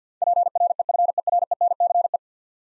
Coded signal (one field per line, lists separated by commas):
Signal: Morse code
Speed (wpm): 45 wpm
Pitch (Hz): 700 Hz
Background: none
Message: PREFERENCE